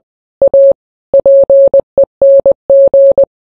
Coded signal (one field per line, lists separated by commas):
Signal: Morse code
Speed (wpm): 20 wpm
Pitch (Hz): 550 Hz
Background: none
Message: A PENG